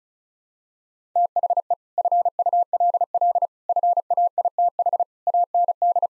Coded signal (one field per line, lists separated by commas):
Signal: Morse code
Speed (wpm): 36 wpm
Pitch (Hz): 700 Hz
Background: none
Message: THE FULL FAITH AND